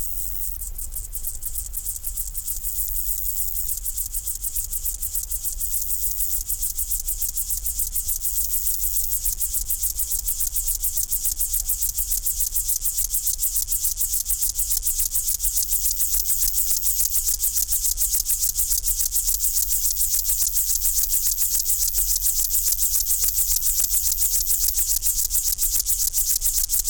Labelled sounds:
Upland Field Grasshopper stridulation

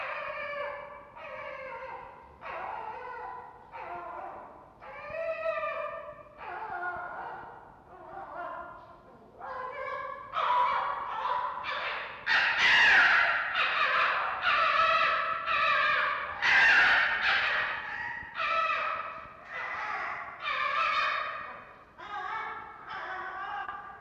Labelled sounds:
Red Fox

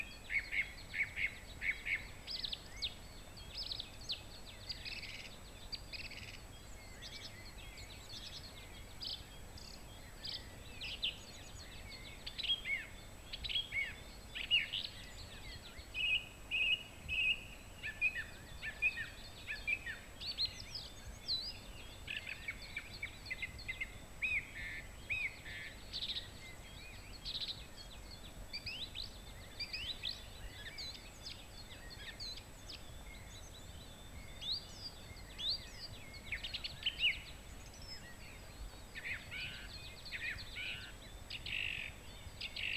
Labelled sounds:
Song Thrush song

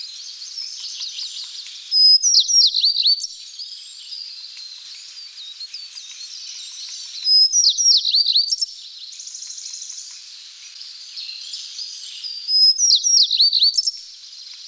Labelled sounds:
Tristram's Bunting song

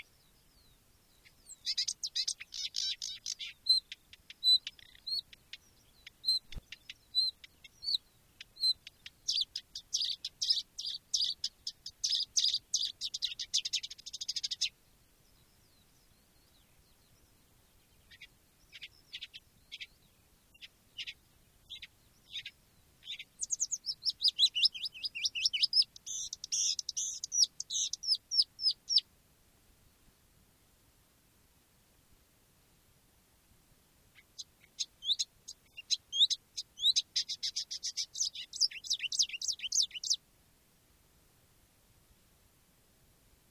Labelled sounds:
Marsh Warbler

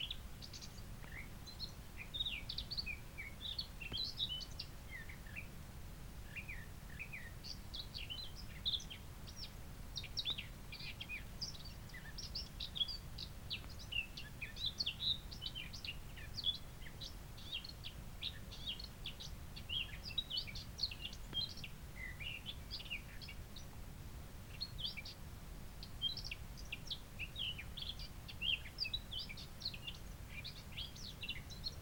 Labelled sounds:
Eurasian Blackcap song

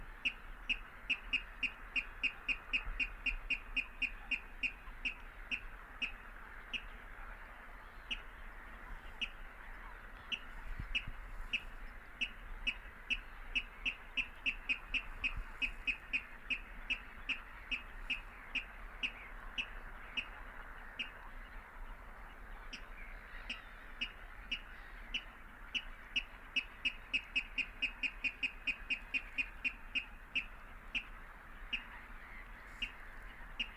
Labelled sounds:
Water Rail song

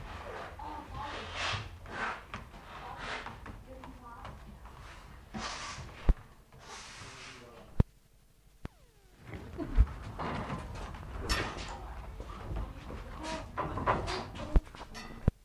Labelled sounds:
Leopard

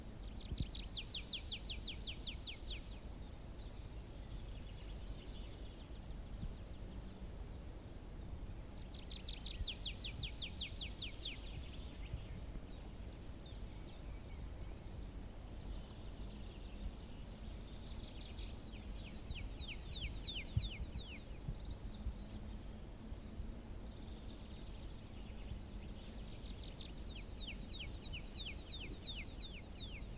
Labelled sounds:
Tree Pipit

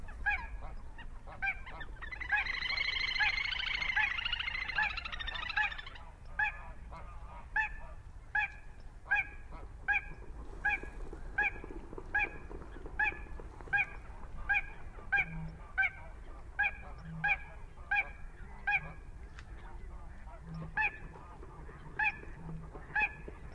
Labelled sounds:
Little Crake

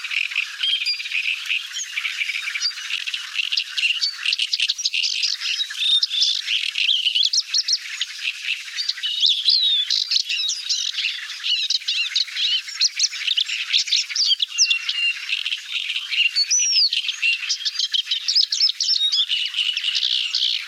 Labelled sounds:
Paddyfield Warbler song

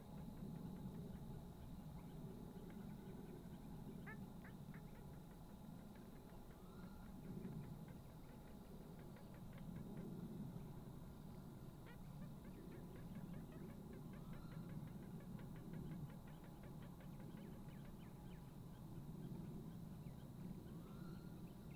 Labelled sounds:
Little Crake mating call

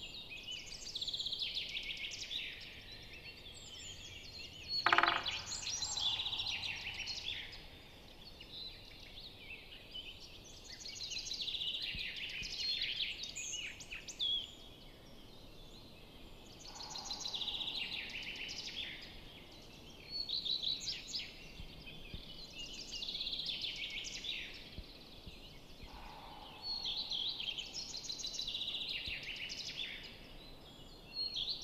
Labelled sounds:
Great Spotted Woodpecker drumming

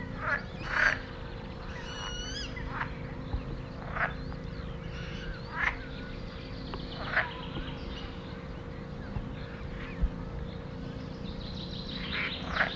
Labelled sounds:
Edible Frog call

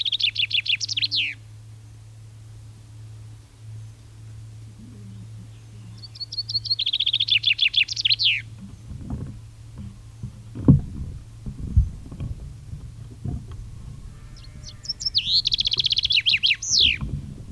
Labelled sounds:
Common Chaffinch song

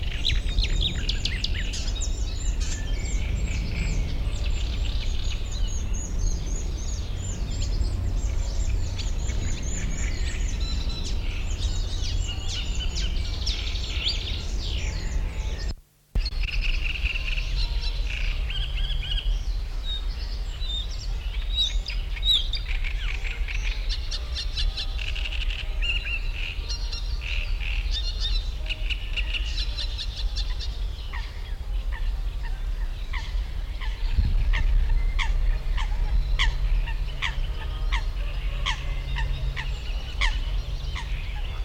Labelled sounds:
Great Reed Warbler

